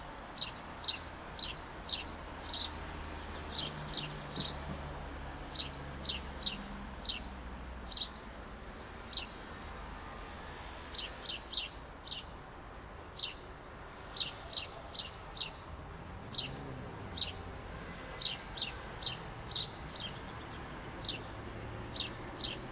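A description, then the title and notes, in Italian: Street sounds from a balcony on the outskirts of Verona, with a bird chirping in short, bright calls that repeat steadily through the whole clip, often in quick pairs or clusters. Underneath runs a constant low rumble of traffic and city hum. I rumori delle strade, delle tortore, delle belle passanti, del mondo: dall'alto di un balcone della periferia veronese, in questa timidissima primavera.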